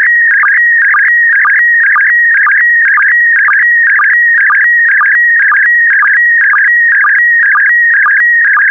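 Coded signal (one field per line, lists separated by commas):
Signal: SSTV (slow-scan television)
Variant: PD120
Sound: warbling, buzzy tone scanning steadily, with a rhythmic low blip twice per second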